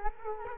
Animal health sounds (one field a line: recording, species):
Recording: mosquito wingbeat signal from an infrared sensor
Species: Culex quinquefasciatus